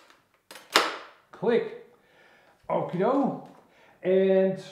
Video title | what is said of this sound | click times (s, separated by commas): Esky Eagle 1100mm - A different kind of Bush plane? UNBOXING + BUILD | it simply clicks in place click | 0.8 s